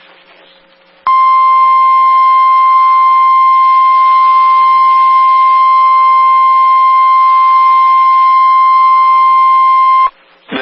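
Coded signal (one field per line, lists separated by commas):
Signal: Emergency Alert System (SAME) tones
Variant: 1050 Hz attention tone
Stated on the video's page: NOAA Weather Radio EAS alerts for a Wisconsin severe storm outbreak, from stations in Minneapolis, Milwaukee and Ladysmith.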